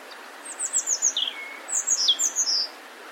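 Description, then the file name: European robin delivers rapid, high, descending twittering notes and a fluty slurred whistle in two quick phrases. "Erithacus rubecula"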